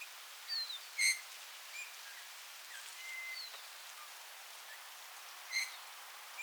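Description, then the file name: Eurasian bullfinch giving a few piping call notes spread over several seconds, with fainter thin notes and a steady background hiss. "Pyrrhula pyrrhula"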